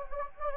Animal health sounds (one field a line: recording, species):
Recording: mosquito wingbeat signal from an infrared sensor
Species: Anopheles gambiae